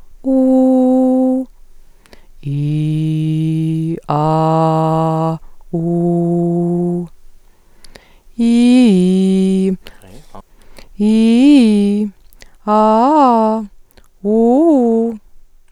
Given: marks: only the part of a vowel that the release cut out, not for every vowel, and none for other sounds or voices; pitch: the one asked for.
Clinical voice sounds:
sustained vowels; female; 30 to 39 years; 1; 0; 0
0.35-1.29 s: vowel /u/, high pitch
2.61-3.86 s: vowel /i/, low pitch
4.18-5.25 s: vowel /a/, low pitch
5.82-6.90 s: vowel /u/, low pitch
11.06-11.96 s: vowel /i/, low-high-low pitch
12.73-13.52 s: vowel /a/, low-high-low pitch
14.30-15.03 s: vowel /u/, low-high-low pitch
From the record:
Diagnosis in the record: functional dysphonia, phonasthenia (vocal fatigue); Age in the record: 36 years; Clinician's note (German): Leichte Form, stroboskopisch o.B.

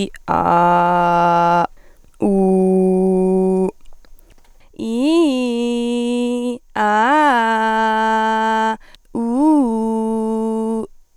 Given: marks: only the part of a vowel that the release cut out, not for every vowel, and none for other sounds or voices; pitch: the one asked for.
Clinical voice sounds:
sustained vowels; female; 18 to 19 years; 0; 0; 0
0.54-1.60 s: vowel /a/, low pitch
2.31-3.62 s: vowel /u/, low pitch
4.92-6.45 s: vowel /i/, low-high-low pitch
6.85-8.65 s: vowel /a/, low-high-low pitch
9.21-10.76 s: vowel /u/, low-high-low pitch
From the record:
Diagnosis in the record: healthy voice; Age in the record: 19 years

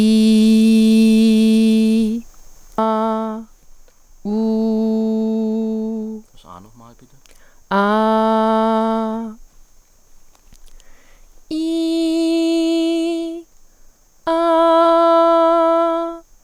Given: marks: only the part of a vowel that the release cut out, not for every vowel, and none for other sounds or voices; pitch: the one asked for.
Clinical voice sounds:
sustained vowels; female; 20 to 29 years; 0; 0; 0
0.00-1.98 s: vowel /i/, normal pitch
5.07-5.91 s: vowel /u/, normal pitch
7.83-8.76 s: vowel /a/, normal pitch
12.03-13.15 s: vowel /i/, high pitch
14.78-15.85 s: vowel /a/, high pitch
From the record:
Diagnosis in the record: healthy voice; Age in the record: 22 years

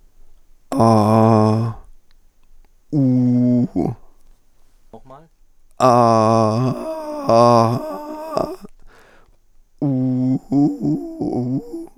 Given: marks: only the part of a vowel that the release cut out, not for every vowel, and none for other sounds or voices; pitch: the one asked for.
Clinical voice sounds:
sustained vowels; male; 40 to 49 years; 0; 0; 0
0.86-1.60 s: vowel /a/, low pitch
3.00-3.59 s: vowel /u/, low pitch
5.92-7.58 s: vowel /a/, low-high-low pitch
9.90-11.49 s: vowel /u/, low-high-low pitch
From the record:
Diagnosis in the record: dysarthrophonia, central laryngeal movement disorder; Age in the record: 49 years

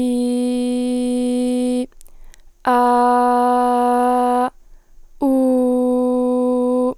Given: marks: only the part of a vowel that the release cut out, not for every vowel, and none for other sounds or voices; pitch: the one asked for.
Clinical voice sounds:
sustained vowels; female; 20 to 29 years; 0; 0; 0
0.00-1.71 s: vowel /i/, normal pitch
2.80-4.32 s: vowel /a/, normal pitch
5.35-6.76 s: vowel /u/, normal pitch
From the record:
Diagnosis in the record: healthy voice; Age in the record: 20 years

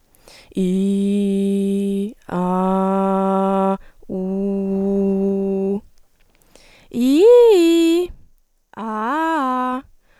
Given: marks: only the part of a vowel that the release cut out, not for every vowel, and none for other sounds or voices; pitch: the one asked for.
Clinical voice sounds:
sustained vowels; female; 20 to 29 years; 0; 0; 0
0.71-1.90 s: vowel /i/, low pitch
2.44-3.64 s: vowel /a/, low pitch
4.27-5.60 s: vowel /u/, low pitch
8.88-9.72 s: vowel /a/, low-high-low pitch
From the record:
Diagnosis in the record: healthy voice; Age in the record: 26 years

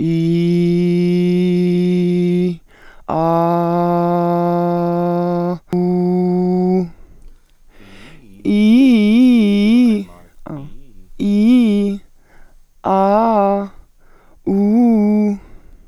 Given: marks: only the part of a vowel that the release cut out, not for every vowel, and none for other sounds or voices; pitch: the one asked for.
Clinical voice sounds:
sustained vowels; female; 30 to 39 years; 1; 1; 0
0.27-2.24 s: vowel /i/, low pitch
3.48-5.38 s: vowel /a/, low pitch
5.80-6.79 s: vowel /u/, low pitch
11.24-11.91 s: vowel /i/, low-high-low pitch
12.88-13.59 s: vowel /a/, low-high-low pitch
14.58-15.30 s: vowel /u/, low-high-low pitch
From the record:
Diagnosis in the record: functional dysphonia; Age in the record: 36 years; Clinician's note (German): Ödematöse Stimmlippen, beginnende Phonationsverdickung, Spalt

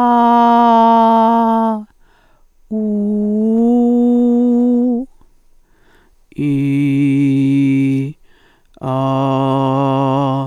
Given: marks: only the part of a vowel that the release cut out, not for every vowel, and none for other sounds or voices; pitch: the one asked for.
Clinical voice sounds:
sustained vowels; female; 60 to 69 years; 2; 1; 2
0.21-1.28 s: vowel /a/, high pitch
3.52-4.82 s: vowel /u/, high pitch
6.48-7.95 s: vowel /i/, low pitch
8.95-10.29 s: vowel /a/, low pitch
From the record:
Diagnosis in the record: dysodia (singing voice disorder); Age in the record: 68 years

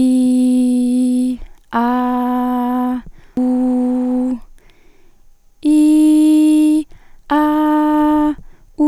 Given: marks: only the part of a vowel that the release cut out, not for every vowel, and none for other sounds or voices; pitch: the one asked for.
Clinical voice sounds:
sustained vowels; female; 20 to 29 years; 0; 0; 0
0.00-1.10 s: vowel /i/, normal pitch
1.87-2.90 s: vowel /a/, normal pitch
3.47-4.25 s: vowel /u/, normal pitch
5.75-6.70 s: vowel /i/, high pitch
7.43-8.22 s: vowel /a/, high pitch
From the record:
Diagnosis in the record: healthy voice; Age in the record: 20 years

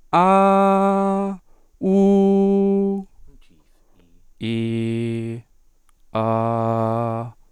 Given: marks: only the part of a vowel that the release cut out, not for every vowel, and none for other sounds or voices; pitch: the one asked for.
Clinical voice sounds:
sustained vowels; male; 20 to 29 years; 0; 0; 0
0.28-1.19 s: vowel /a/, high pitch
1.96-2.87 s: vowel /u/, high pitch
4.52-5.27 s: vowel /i/, low pitch
6.24-7.20 s: vowel /a/, low pitch
From the record:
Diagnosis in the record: healthy voice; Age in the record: 24 years

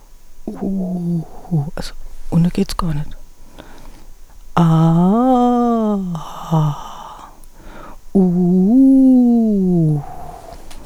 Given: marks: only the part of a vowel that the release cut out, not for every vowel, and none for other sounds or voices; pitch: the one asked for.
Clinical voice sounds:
sustained vowels; female; 50 to 59 years; 2; 0; 2
0.69-1.58 s: vowel /u/, low pitch
4.70-6.69 s: vowel /a/, low-high-low pitch
8.24-10.26 s: vowel /u/, low-high-low pitch
From the record:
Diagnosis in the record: hyperfunctional dysphonia, psychogenic dysphonia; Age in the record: 52 years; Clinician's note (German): Ponogene Komponente

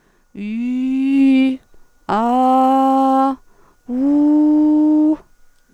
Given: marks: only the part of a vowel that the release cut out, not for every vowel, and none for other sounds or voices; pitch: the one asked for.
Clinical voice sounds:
sustained vowels; female; 40 to 49 years; 0; 0; 0
0.54-1.29 s: vowel /i/, low pitch
2.26-3.22 s: vowel /a/, low pitch
4.02-5.02 s: vowel /u/, low pitch
From the record:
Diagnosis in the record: recurrent laryngeal nerve paralysis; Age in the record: 41 years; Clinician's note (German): Links

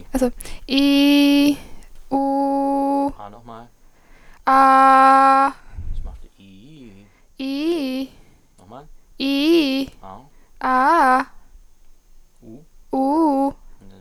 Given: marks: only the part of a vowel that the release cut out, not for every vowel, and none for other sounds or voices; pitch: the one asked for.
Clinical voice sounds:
sustained vowels; female; 18 to 19 years; 0; 0; 0
0.75-1.47 s: vowel /i/, normal pitch
2.18-3.05 s: vowel /u/, normal pitch
4.51-5.44 s: vowel /a/, normal pitch
9.25-9.80 s: vowel /i/, low-high-low pitch
10.67-11.18 s: vowel /a/, low-high-low pitch
12.97-13.47 s: vowel /u/, low-high-low pitch
From the record:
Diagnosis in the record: healthy voice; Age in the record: 18 years

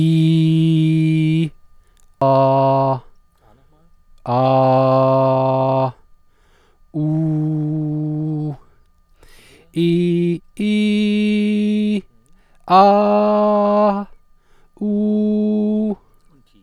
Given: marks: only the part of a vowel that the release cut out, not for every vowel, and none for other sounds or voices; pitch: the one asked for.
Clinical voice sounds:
sustained vowels; male; 40 to 49 years; 0; 0; 0
0.00-1.32 s: vowel /i/, normal pitch
4.45-5.78 s: vowel /a/, normal pitch
7.05-8.44 s: vowel /u/, normal pitch
10.70-11.88 s: vowel /i/, high pitch
12.86-13.88 s: vowel /a/, high pitch
14.89-15.84 s: vowel /u/, high pitch
From the record:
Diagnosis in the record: healthy voice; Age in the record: 41 years

